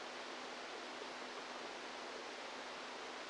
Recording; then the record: brain microelectrode recording played as sound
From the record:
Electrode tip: outside the subthalamic nucleus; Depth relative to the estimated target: -6 mm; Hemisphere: right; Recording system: NeuroSet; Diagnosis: Parkinson's disease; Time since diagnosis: 10 years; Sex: female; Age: 45 years